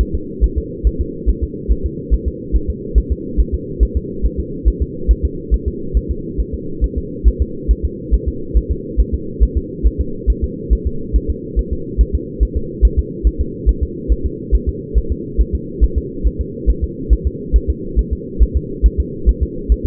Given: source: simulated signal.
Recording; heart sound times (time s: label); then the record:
fetal heart sounds
0.01 s: S1
0.15 s: S2
0.44 s: S1
0.58 s: S2
0.87 s: S1
1.01 s: S2
1.29 s: S1
1.44 s: S2
1.72 s: S1
1.86 s: S2
2.14 s: S1
2.28 s: S2
2.56 s: S1
2.70 s: S2
2.98 s: S1
3.12 s: S2
3.40 s: S1
3.55 s: S2
3.83 s: S1
3.97 s: S2
4.26 s: S1
4.40 s: S2
4.68 s: S1
4.82 s: S2
5.11 s: S1
5.25 s: S2
5.54 s: S1
5.68 s: S2
5.97 s: S1
6.11 s: S2
6.40 s: S1
6.55 s: S2
6.84 s: S1
6.98 s: S2
7.28 s: S1
7.42 s: S2
7.71 s: S1
7.85 s: S2
8.14 s: S1
8.28 s: S2
8.57 s: S1
8.72 s: S2
9.00 s: S1
9.14 s: S2
9.43 s: S1
9.58 s: S2
9.87 s: S1
10.01 s: S2
10.30 s: S1
10.44 s: S2
10.73 s: S1
10.87 s: S2
11.16 s: S1
11.30 s: S2
11.59 s: S1
11.73 s: S2
12.01 s: S1
12.15 s: S2
12.43 s: S1
12.57 s: S2
12.85 s: S1
12.99 s: S2
13.27 s: S1
13.41 s: S2
13.69 s: S1
13.83 s: S2
14.12 s: S1
14.26 s: S2
14.55 s: S1
14.69 s: S2
14.98 s: S1
15.12 s: S2
15.41 s: S1
15.55 s: S2
15.84 s: S1
15.98 s: S2
16.27 s: S1
16.41 s: S2
16.70 s: S1
16.84 s: S2
17.13 s: S1
17.27 s: S2
17.56 s: S1
17.70 s: S2
17.99 s: S1
18.13 s: S2
18.42 s: S1
18.57 s: S2
18.86 s: S1
19.00 s: S2
19.29 s: S1
19.43 s: S2
19.72 s: S1
19.86 s: S2
From the record:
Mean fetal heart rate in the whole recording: 140 bpm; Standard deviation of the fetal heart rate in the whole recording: 2 bpm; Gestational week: 34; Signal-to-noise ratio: -4.3 dB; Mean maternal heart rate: 72 bpm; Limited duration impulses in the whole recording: present